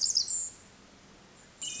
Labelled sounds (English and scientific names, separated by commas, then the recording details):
Pacific Wren (Troglodytes pacificus)
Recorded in Sonoma County, California